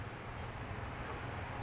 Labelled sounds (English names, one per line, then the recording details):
Chestnut-backed Chickadee
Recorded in Sonoma County, California